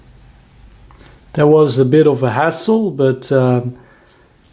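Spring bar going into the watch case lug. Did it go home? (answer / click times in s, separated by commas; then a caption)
yes / 4.4 s. After some struggle, a spring bar holding the strap and butterfly deployant clasp is fitted into the watch case lug hole while someone talks. A sharp click at 4.4 s marks the spring bar seating in the lug.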